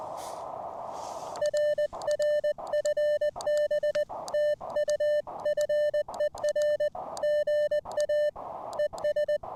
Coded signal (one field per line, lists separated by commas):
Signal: Morse code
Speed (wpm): 20 wpm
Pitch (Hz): 600 Hz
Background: none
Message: RR FB TU FER GA ES